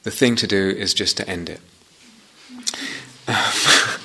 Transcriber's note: laughter